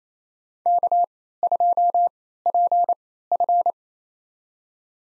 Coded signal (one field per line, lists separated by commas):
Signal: Morse code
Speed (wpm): 28 wpm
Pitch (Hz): 700 Hz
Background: none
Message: K2PF